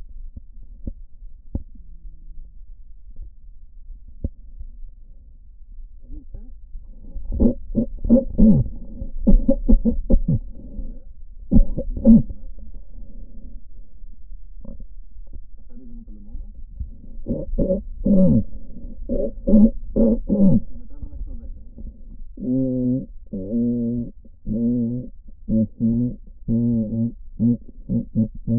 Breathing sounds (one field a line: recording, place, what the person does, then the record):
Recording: lung sounds by stethoscope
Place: right posterior apical chest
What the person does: quiet breathing, then cough and speech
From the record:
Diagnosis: pulmonary infection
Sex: male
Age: 86 years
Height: 165 cm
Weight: 65 kg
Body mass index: 23.9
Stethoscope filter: diaphragm mode